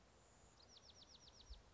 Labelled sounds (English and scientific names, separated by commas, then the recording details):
Bewick's Wren (Thryomanes bewickii)
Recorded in Sonoma County, California